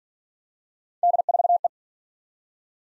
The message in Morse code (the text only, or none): D4E